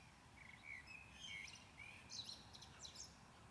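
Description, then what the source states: Common blackbird song: a run of low, mellow whistled notes leading into a burst of high, squeaky chatter, over a low rumble. Recorded at Maindy.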